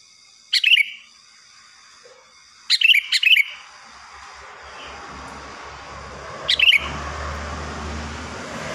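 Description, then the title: Sooty-headed bulbul song: short bubbly phrases of two or three quick, slurred whistled notes, given three times with pauses between, over faint hiss. "Kutilang"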